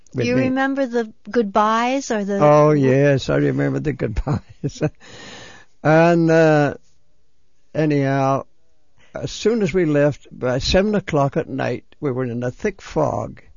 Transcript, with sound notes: Do you remember the goodbyes?
Oh, yes, I remember the goodbyes. ( he laughs ) And anyhow, as soon as we left, about seven o'clock at night we were in a thick fog,